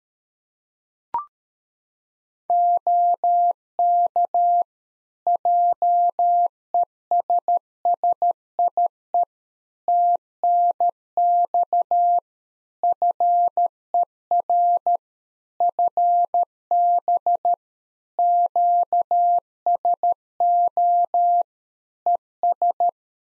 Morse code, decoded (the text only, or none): OK JESSIE TNX FER FB QSO ES